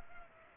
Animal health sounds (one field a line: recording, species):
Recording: mosquito wingbeat signal from an infrared sensor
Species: Culex pipiens